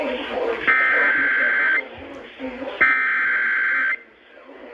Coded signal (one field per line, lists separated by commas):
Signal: Emergency Alert System (SAME) tones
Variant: header bursts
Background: speech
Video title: TORNADO WARNING FOR BIENVILLE!! EAS ALERTS FROM 4/15/2023! [EAS #1430 - #1495]